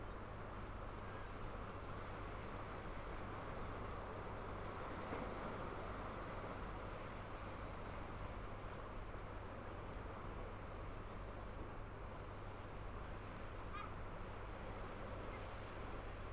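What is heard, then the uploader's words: Estuary waters at the sea wall give a dense, steady wash of sound that barely changes over the whole stretch. A constant low rumble, like a distant engine, runs underneath, and a brief faint chirp stands out near the end. From the sea wall at Burnham-on-Crouch, looking out over panoramic tidal estuary waters by Wallasea Island.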